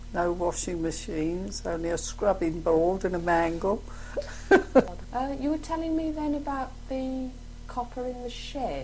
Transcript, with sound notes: No washing machines, only a scrubbing board and a mangle. [laughter]
You were telling me then about the copper in the shed?